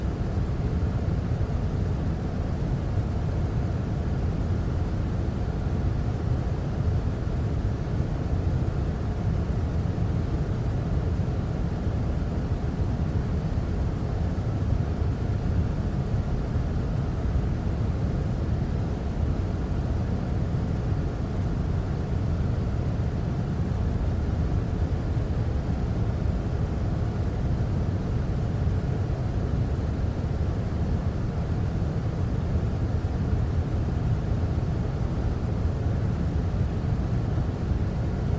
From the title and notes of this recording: White Noise Machine Sounds For Sleep.